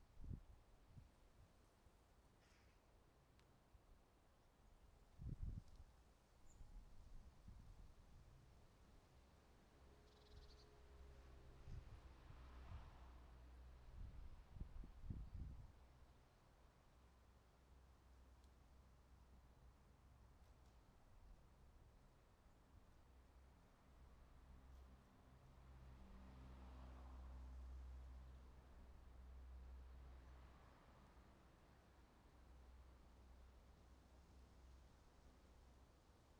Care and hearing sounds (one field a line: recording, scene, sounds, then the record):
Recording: everyday scene through a hearing-aid microphone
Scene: wind on the microphone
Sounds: wind, traffic, birds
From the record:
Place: suburban garden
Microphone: in the ear canal, right